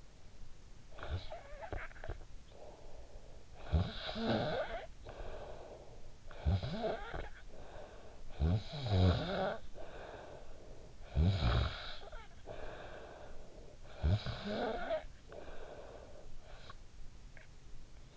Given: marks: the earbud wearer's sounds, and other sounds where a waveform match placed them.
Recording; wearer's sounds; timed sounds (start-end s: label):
sounds in sleep by an in-ear microphone; snoring breath
0.53-16.82 s: snoring breath